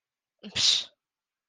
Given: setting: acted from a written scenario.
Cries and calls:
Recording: vocal sound without words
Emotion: contempt

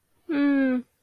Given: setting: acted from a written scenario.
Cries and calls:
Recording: vocal sound without words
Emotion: elation

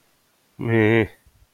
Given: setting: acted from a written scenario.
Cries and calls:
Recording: vocal sound without words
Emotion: neutral

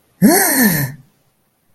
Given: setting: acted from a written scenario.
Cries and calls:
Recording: vocal sound without words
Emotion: negative surprise

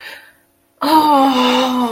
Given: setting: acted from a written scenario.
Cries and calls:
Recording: vocal sound without words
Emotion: ecstasy

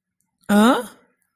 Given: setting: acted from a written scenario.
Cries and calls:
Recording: vocal sound without words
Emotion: confusion

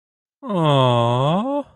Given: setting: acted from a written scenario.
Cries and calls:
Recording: vocal sound without words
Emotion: disappointment

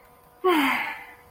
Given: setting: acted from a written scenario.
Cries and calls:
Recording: vocal sound without words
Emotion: serenity

